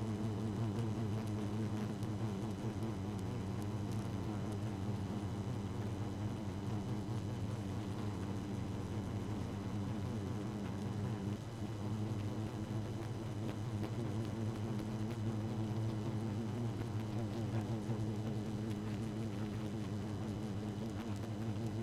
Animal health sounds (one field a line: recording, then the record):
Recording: honeybee colony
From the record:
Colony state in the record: active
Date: 12 June 2018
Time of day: 0:16